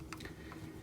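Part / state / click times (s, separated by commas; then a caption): plastic filler piece into the toy's chest slot / seated / 0.1 s. A small plastic filler piece is pushed into the chest slot of a Transformers: War for Cybertron SIEGE Commander Jetfire robot toy and clicks into place. There is a sharp click at 0.1 s, followed by a few softer ticks at about 0.2, 0.3 and 0.5 s. The piece is seated.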